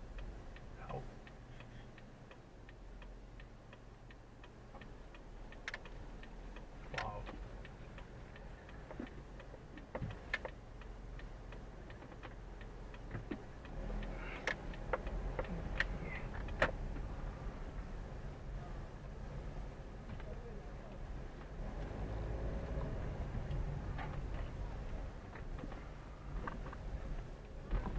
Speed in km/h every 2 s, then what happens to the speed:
2, 0, 0, 0, 0, 0, 0, 7, 7, 6, 7, 12, 6, 7.
0-13 standing. 13-28 pulls away to 7.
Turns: none.